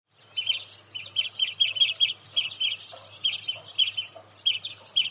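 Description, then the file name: European greenfinch giving a steady stream of short, high chirping notes in quick runs, with a faint low hum underneath. "Chloris chloris"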